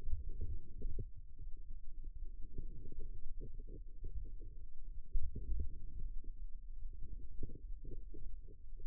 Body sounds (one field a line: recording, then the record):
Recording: forearm muscle sounds (acoustic myography)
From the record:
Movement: outward rotation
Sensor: system 2, bracelet of six BSWA MPA416 microphones around the upper forearm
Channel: 6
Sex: female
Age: 22 years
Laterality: right